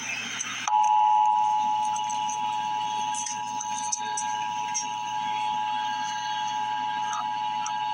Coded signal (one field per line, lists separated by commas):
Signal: Emergency Alert System (SAME) tones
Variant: 853 and 960 Hz attention tone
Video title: Emergency Alert System - Special Weather Statement - Apr 15, 2026 at 3:16 AM EDT